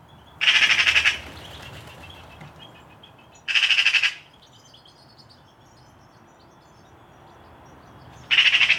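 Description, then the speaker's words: Eurasian magpie giving loud, harsh rattling chatter in three short bursts separated by pauses of several seconds. Harsh calls, raucous when threats such as cats are near; heard in a garden. "Magpies have quite harsh calls and can be raucous when threats like cats are near."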